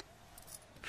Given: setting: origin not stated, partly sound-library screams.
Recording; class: one-second piece from a danger detection set; normal situation